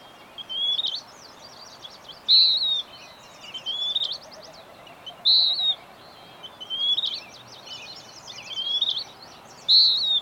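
Bird song of high whistled phrases, loud clear notes alternating with quieter warbled ones, with soft chirping and hiss behind.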